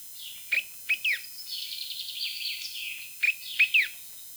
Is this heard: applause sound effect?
no